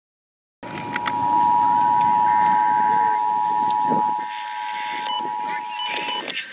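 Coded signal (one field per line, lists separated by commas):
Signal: Emergency Alert System (SAME) tones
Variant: 853 and 960 Hz attention tone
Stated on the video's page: National Periodic Test from FEMA captured by DXing AM/FM broadcast stations, some messages crystal clear.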